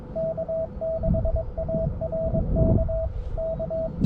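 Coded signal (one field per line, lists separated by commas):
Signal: Morse code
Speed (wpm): 22 wpm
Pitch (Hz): 650 Hz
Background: radio noise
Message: K6ARK K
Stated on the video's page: Morse contacts made during a portable SOTA/POTA activation for the on-air event.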